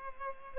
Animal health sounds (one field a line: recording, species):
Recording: mosquito wingbeat signal from an infrared sensor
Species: Culex pipiens